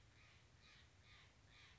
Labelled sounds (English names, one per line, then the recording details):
Steller's Jay
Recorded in Sonoma County, California